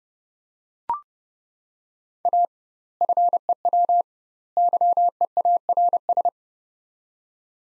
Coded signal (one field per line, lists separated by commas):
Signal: Morse code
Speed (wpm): 30 wpm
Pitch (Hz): 700 Hz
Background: none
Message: A FEW YEARS